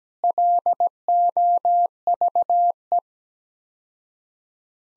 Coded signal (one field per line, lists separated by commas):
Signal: Morse code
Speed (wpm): 17 wpm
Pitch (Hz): 700 Hz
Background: none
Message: LOVE